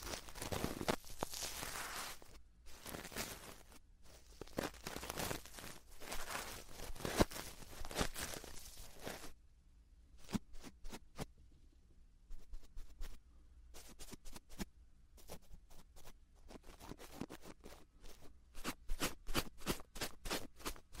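Ear cleaning and touching sounds: dense scratchy rubbing for the first nine seconds, then sparse sharp crackles and taps repeating irregularly until the end.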